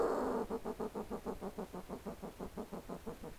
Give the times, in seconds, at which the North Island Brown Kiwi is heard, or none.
none